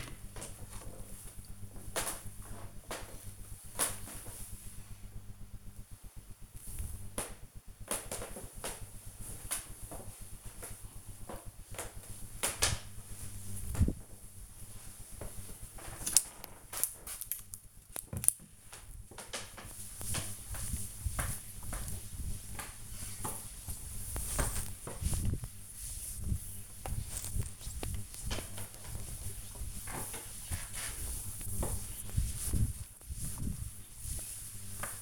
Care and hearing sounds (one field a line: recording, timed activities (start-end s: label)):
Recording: household activities, microphone on the right wrist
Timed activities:
0.00-1.17 s: cutting vegetables
11.27-35.02 s: window cleaning